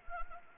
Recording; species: mosquito wingbeat signal from an infrared sensor; Anopheles arabiensis